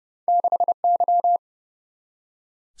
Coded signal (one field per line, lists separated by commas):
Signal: Morse code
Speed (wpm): 30 wpm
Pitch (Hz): 700 Hz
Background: none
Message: 6Y